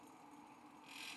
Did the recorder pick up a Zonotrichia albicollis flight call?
no